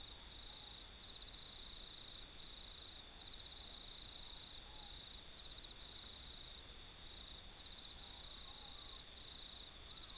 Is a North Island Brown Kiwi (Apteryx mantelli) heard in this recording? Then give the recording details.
no. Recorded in New Zealand